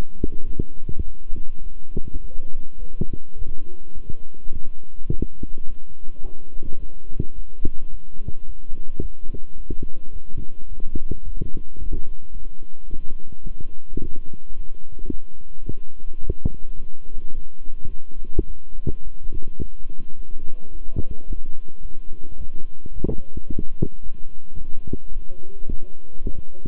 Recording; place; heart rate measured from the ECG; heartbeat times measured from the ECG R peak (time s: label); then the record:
heart sounds by stethoscope; between the tricuspid and mitral areas; 107 bpm
0.45 s: heartbeat
1.04 s: heartbeat
1.62 s: heartbeat
2.20 s: heartbeat
2.78 s: heartbeat
3.36 s: heartbeat
3.93 s: heartbeat
4.51 s: heartbeat
5.09 s: heartbeat
5.65 s: heartbeat
6.21 s: heartbeat
6.78 s: heartbeat
7.34 s: heartbeat
7.89 s: heartbeat
8.45 s: heartbeat
9.00 s: heartbeat
9.56 s: heartbeat
10.11 s: heartbeat
10.68 s: heartbeat
11.23 s: heartbeat
11.77 s: heartbeat
12.32 s: heartbeat
12.88 s: heartbeat
13.43 s: heartbeat
13.99 s: heartbeat
14.54 s: heartbeat
15.09 s: heartbeat
15.64 s: heartbeat
16.20 s: heartbeat
16.76 s: heartbeat
17.32 s: heartbeat
17.88 s: heartbeat
18.46 s: heartbeat
19.03 s: heartbeat
19.59 s: heartbeat
20.15 s: heartbeat
20.71 s: heartbeat
21.26 s: heartbeat
21.81 s: heartbeat
22.36 s: heartbeat
22.92 s: heartbeat
23.47 s: heartbeat
24.02 s: heartbeat
24.57 s: heartbeat
25.12 s: heartbeat
25.68 s: heartbeat
26.24 s: heartbeat
From the record:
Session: walking at 3.7 km/h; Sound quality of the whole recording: good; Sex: male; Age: 26 years